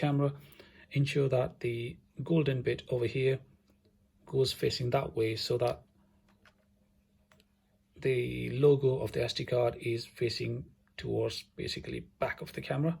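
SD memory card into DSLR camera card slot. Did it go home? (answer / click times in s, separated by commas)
no / none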